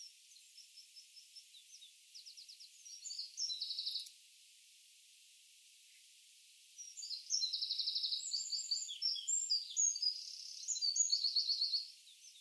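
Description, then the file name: Eurasian wren song in two bursts: a trilling phrase, about three seconds of quiet, then a longer, louder run of rapid high notes and rattling trills. "Troglodytes troglodytes"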